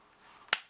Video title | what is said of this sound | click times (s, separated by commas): ASUS Vulcan ANC Active Noise Canceling Gaming Headset Unboxing & First Look Linus Tech Tips | see that so when it clips into place it's just these bumps right here | 0.5 s